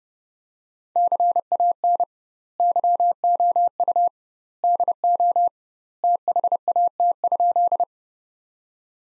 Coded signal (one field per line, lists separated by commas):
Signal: Morse code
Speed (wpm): 32 wpm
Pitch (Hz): 700 Hz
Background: none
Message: CAN YOU DO THAT?